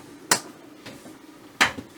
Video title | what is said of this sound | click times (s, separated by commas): Wana RV Center - 2022 PUMA 31RLQS 6439 TRAVEL TRAILER - INTERIOR | is locked all the way down you always want to hear that click if not these will break going down the road | 0.3 s